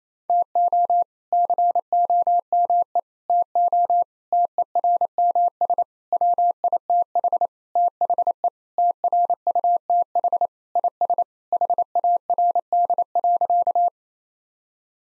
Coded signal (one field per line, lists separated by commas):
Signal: Morse code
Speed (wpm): 28 wpm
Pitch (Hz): 700 Hz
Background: none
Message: TO COME TO TERMS WITH THE TRUTH IS HARD.